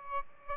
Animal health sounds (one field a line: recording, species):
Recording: mosquito wingbeat signal from an infrared sensor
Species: Aedes albopictus